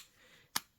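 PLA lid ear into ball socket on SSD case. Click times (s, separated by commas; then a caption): 0.6 s. A 3D-printed PLA cassette-style lid, with one ear already lined up on the SSD enclosure case, is pressed on at its other ear with the small ball socket. After a quiet lead-in, a single sharp, bright snap rings out at 0.6 s as the lid seats onto the case, giving a satisfying click.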